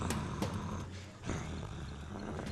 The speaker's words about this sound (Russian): Анга рычит, скаля зубы.